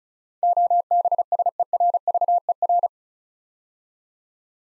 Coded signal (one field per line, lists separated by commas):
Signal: Morse code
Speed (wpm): 36 wpm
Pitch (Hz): 700 Hz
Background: none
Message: OBSERVER